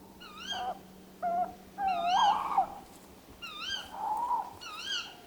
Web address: STRIX ALUCO. eurasian tawny wood owl